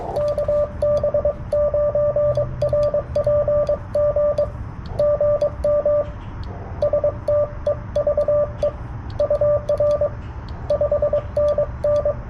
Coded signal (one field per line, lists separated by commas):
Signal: Morse code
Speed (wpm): 23 wpm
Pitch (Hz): 590 Hz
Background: radio noise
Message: KB9RPG GM STEVE UR 5NN